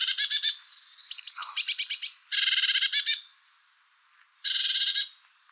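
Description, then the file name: Eurasian blue tit scolding with rattling, buzzy churrs, a brief high thin note near the start, then three more pulsed churring bursts, the last after a pause. "Cyanistes caeruleus"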